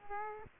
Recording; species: mosquito wingbeat signal from an infrared sensor; Aedes aegypti